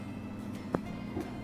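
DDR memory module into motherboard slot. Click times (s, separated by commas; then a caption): 0.8 s. A DDR memory module, turned so its notch lines up with the key in the motherboard slot, is pushed into the slot over a steady low hum. It seats with a single sharp click at 0.8 s, followed by a fainter soft knock near 1.2 s.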